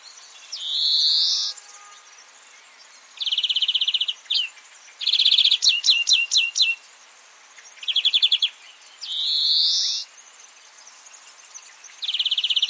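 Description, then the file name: European greenfinch singing, alternating long wheezy rising buzzes with rapid rattling trills and a cluster of sharp high chirps, repeated throughout. "Chloris chloris"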